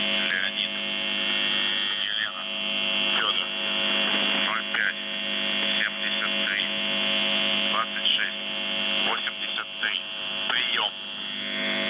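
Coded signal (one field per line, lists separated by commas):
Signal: numbers station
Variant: UVB-76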